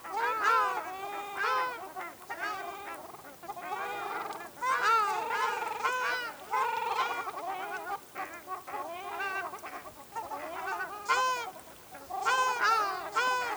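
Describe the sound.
Ruddy shelduck honking, several birds trading loud nasal trumpeting notes in steady overlapping runs throughout.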